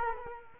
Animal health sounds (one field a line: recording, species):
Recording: mosquito wingbeat signal from an infrared sensor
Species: Culex quinquefasciatus